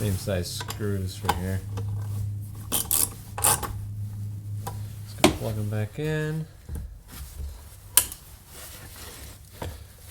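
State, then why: Seated. On a Jeep TJ, the plastic wiring connector is pushed back onto the refitted heater blower motor while someone talks. It snaps home with one sharp click at 7.9 s, and the connector is seated.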